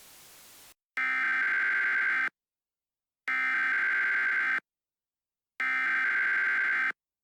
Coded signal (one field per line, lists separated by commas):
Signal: Emergency Alert System (SAME) tones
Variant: header bursts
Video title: EAS Scenario: Lost in Silence